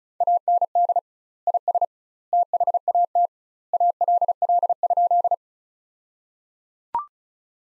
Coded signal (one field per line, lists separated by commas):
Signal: Morse code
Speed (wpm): 34 wpm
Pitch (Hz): 700 Hz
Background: none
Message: AND IS THAT ALL?